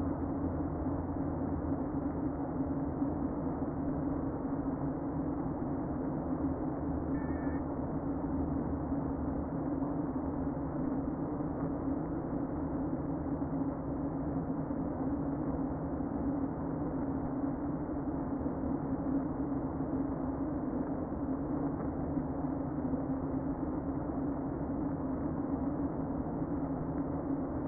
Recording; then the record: honeybee colony, microphone inside the hive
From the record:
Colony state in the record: queen present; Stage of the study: before two queens were removed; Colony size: about 60,000 bees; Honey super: yes